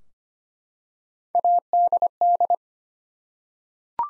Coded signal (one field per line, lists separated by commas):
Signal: Morse code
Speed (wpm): 25 wpm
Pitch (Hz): 700 Hz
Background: none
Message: ADD